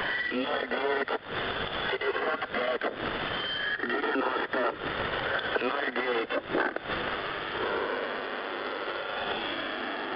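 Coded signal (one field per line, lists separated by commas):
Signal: coded military voice message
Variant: T-Marker, Russian voice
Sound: a voice reading short coded groups through noisy, fading shortwave radio static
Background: radio static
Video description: T-Marker | 17th June 2024 | Monolith Voice Message!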